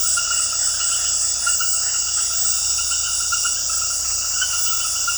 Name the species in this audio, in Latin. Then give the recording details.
none. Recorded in dense forest near Puerto Asís, Putumayo, Colombia, on 21 February 2024 at 21:30. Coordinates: 0.487, -76.319. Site G6403